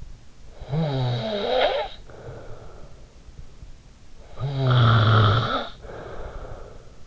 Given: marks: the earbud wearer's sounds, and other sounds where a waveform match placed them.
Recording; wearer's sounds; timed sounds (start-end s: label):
sounds in sleep by an in-ear microphone; snoring breath
0.30-3.27 s: snoring breath
4.10-7.07 s: snoring breath